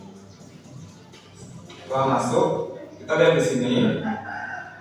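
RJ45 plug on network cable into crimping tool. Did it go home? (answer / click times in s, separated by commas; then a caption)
no / none. An RJ45 plug, with the network cable already inserted, is placed into the die of a crimping tool before being squeezed, with faint handling noise under someone talking. Nothing has been crimped or clicked yet.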